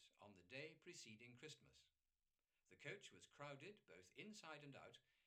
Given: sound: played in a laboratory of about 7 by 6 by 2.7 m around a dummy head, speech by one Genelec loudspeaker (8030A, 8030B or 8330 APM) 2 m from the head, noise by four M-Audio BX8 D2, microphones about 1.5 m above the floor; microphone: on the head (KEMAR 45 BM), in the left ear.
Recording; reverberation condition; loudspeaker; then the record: male speech in English; low; 60 degrees to the left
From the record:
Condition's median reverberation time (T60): about 310 ms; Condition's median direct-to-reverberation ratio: about 3.5 dB